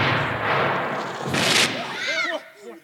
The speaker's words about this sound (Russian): Боже мой, опять стреляют. Что такое? Они убили их! Что это? Похоже на взрыв. Взрыв?